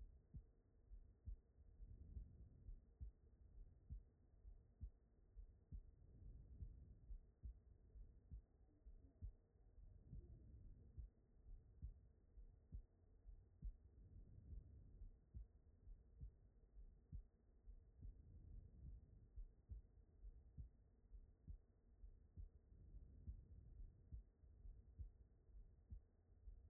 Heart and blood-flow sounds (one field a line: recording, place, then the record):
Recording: heart sounds by stethoscope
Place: aortic valve (AV)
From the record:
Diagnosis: non-HFrEF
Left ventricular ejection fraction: 69%